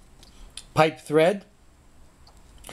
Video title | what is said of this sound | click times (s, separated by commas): Verticle axis wind generator build Video #2 | and it snaps right in here like that | 0.6 s